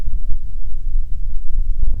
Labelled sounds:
bird, wind
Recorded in the Prudhoe Bay oil fields, Alaska, on 6 August 2019 at 05:31
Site 22

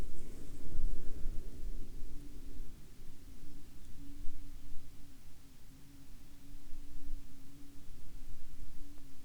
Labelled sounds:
bird, wind, insects
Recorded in the Arctic National Wildlife Refuge, Alaska, on 15 June 2019 at 10:36
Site 40

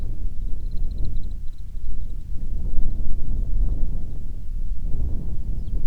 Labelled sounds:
bird, wind
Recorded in the Prudhoe Bay oil fields, Alaska, on 10 July 2019 at 09:45
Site 11

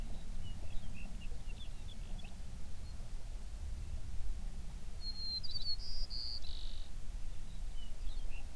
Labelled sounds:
songbird
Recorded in the Prudhoe Bay oil fields, Alaska, on 11 June 2019 at 05:15
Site 21

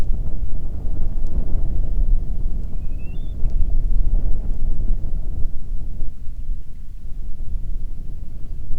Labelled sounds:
bird, wind
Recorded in the Arctic National Wildlife Refuge, Alaska, on 1 June 2019 at 16:58
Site 37

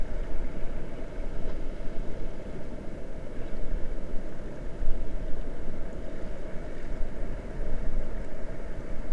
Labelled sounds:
grouse or ptarmigan, water
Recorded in the Prudhoe Bay oil fields, Alaska, on 22 May 2019 at 00:30
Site 21

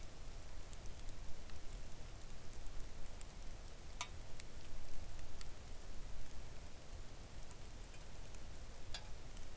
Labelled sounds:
rain
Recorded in the Arctic National Wildlife Refuge, Alaska, on 3 August 2019 at 05:49
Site 41

